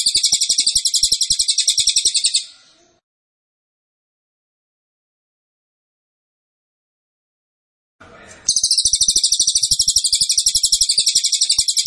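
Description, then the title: Cililin song: a loud, high, rapid buzzy trill that trails off, several seconds of silence, then a brief soft noise and the same fast pulsed trill returns. Training (masteran) recording meant for teaching songbirds. "Cililin AMPUH"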